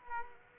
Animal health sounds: mosquito wingbeat signal from an infrared sensor; Aedes aegypti

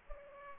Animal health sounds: mosquito wingbeat signal from an infrared sensor; Culex pipiens

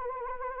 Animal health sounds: mosquito wingbeat signal from an infrared sensor; Anopheles arabiensis

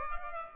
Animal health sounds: mosquito wingbeat signal from an infrared sensor; Culex pipiens

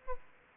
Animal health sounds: mosquito wingbeat signal from an infrared sensor; Aedes aegypti

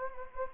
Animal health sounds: mosquito wingbeat signal from an infrared sensor; Anopheles gambiae

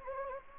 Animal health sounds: mosquito wingbeat signal from an infrared sensor; Anopheles gambiae

